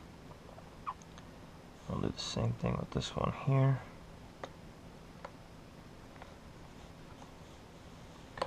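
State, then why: Not seated. A small plastic part is pressed onto another spot on a JJRC H26W toy quadcopter drone while someone talks. Faint taps and short plastic ticks sound as the part is handled and pushed in, with a sharper hit at 8.4 s. Nothing has seated or clicked yet.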